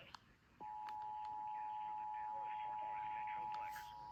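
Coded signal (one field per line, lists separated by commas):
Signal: Emergency Alert System (SAME) tones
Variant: 853 and 960 Hz attention tone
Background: speech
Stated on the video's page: EAS alerts received overnight on marginal stations.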